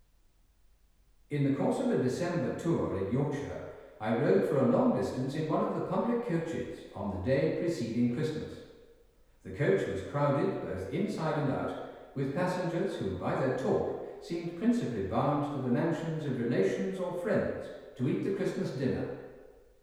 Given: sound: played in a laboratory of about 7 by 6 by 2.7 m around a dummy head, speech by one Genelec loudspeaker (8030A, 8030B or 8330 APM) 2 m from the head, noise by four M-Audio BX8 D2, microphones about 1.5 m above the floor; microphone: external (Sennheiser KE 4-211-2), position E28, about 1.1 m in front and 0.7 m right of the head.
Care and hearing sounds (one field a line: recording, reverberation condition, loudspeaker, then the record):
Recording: male speech in English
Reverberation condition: high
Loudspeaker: 150 degrees to the right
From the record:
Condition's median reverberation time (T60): about 1300 ms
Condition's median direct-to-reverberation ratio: about -4.0 dB